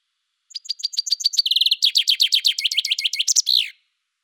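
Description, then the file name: Common chaffinch singing one cheerful phrase of about three seconds: sharp high notes, a quick trill, then a cascading run that finishes with a slurred terminal flourish, no other sounds. "Fringilla coelebs"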